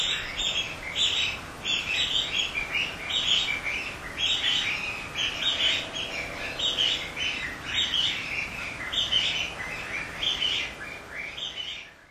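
Bamboo partridge calls: loud, harsh, chattering bursts repeated in an ongoing series, with faint background noise.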